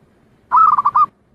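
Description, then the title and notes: Zebra dove giving a quick burst of several soft, throaty coos in a rolling phrase, otherwise quiet. Compiled zebra dove song intended for training other birds to learn the song. "Kupulan Burung Perkutut. burung perkutut yang bisa digunakan untuk memaster"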